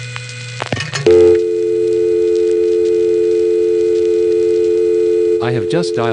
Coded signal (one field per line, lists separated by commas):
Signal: telephone call progress tone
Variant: North America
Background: speech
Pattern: dial tone